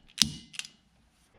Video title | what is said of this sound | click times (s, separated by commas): 2015+ Honda Fit / Jazz Windshield Wiper Blade Replacement - Rain-X Latitude Wiper Blade Installation | You should hear a noticeable click when it has been secured. | 0.2 s